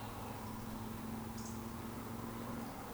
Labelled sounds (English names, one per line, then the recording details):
Eurasian Woodcock whistle
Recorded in Baden-Württemberg, Germany, on 13 June 2020 at 19:34 UTC
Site 14569, 102 m above sea level